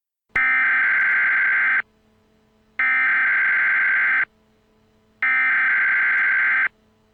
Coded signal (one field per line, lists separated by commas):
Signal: Emergency Alert System (SAME) tones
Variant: header bursts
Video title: 3 Days - An EAS Scenario